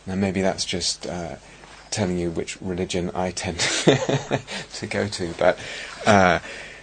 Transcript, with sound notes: And maybe that's just telling you which religion I tend to -- [laughs] to go to. But